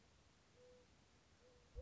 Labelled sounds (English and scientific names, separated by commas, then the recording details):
Mourning Dove (Zenaida macroura)
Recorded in Sonoma County, California